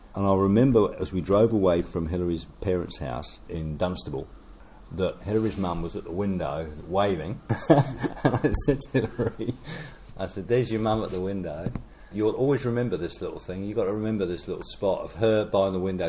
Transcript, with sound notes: And I remember as we drove away from Hilary’s parents’ house in Dunstable that Hilary’s mum was at the window waving, [chuckle] and I said to Hilary, I said “There’s your mum at the window; you’ll always remember this little thing – you’ve got to remember this little spot of her by the window.”